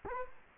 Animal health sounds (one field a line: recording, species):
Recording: mosquito wingbeat signal from an infrared sensor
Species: Culex quinquefasciatus